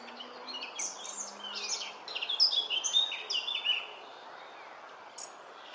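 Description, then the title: Robin singing a rapid run of high, clear whistled and twittering notes in a jumbled burst, then a quieter gap ending with one bright high note. "Robin Birds Chirping"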